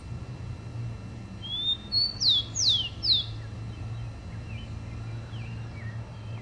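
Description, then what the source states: Rufous-collared sparrow whistles a rising note and three quick falling slurs, followed by faint, softer chirps and a low hum. Chirping call (pio).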